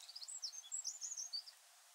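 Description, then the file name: Eurasian wren song fragment: a quick scatter of shrill, high chips and tiny trills, crowded into about a second and a half before stopping. "Troglodytes troglodytes"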